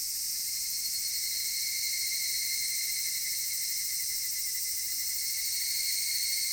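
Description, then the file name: Continuous cicada chorus, a high electric-sounding buzz that never pauses, growing a little louder toward the end. Cicadas recorded in Japan. "Cigales nippon"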